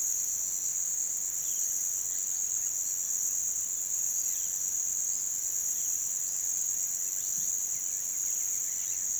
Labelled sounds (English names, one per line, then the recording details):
none
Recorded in pastures near Puerto Asís, Putumayo, Colombia, on 30 June 2025 at 07:00
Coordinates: 0.486, -76.323
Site H29